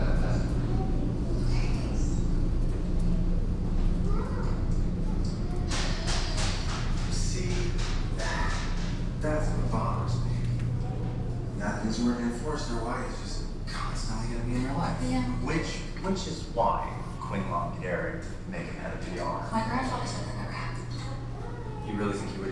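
Television voices talk over a laundromat's steady low machine hum that runs the whole way through. The speech is quiet at first, then comes in fuller from about six seconds on, a continuous stream of talking with brief pauses between phrases.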